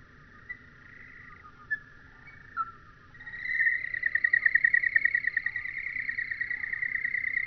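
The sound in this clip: Bird song: a few soft separate notes, then a long, rapid, even trill on one high pitch that runs to the end.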